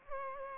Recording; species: mosquito wingbeat signal from an infrared sensor; Culex pipiens